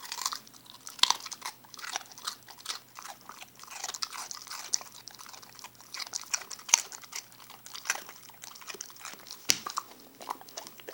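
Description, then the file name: Dog: steady, crisp crunching and gnawing from a dog eating, with short sharp snaps scattered among softer chewing sounds. Puppy eating a baby carrot. "my pup gabe eating a baby carrot"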